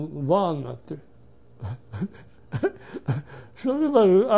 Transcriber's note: he laughs